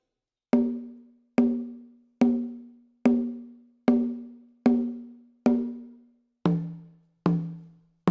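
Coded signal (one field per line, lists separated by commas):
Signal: talking drum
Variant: Akan atumpan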